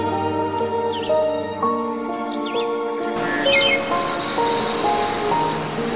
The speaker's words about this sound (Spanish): Escucha el canto de las aves que te arrullan con su dulce canto.